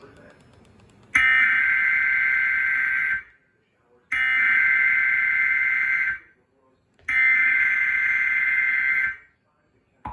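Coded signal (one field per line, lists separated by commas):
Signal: Emergency Alert System (SAME) tones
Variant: header bursts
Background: speech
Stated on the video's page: EAS alerts for severe weather relayed through a Cox cable system.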